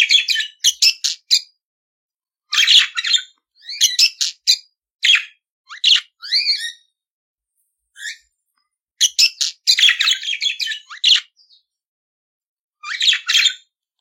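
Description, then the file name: Budgerigar chattering in clusters of scratchy chirps, clicks and squeaky rising notes, with gaps of up to two seconds between phrases. "Canto do periquito australiano"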